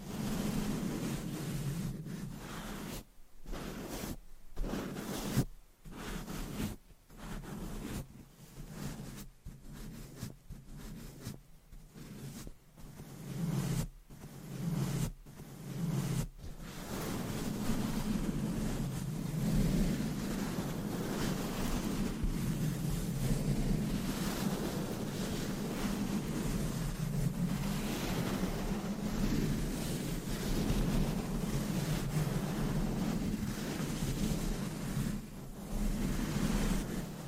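Scratching and rubbing against a microphone make a dense, rough rushing noise over a low rumble. For the first sixteen seconds it keeps cutting out in quick, repeated breaks, like separate strokes. After that it runs continuously and swells gently.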